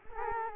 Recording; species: mosquito wingbeat signal from an infrared sensor; Culex quinquefasciatus